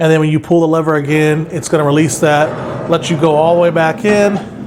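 A steel Kwikee SuperSlide II RV cargo slide rail (rail kit LC370783) is being handled, with its lever pulled to release it so it can go back in toward its locked retracted position. Someone talks throughout, and nothing has seated or locked into place yet.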